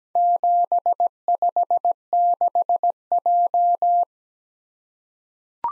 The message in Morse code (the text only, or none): 756J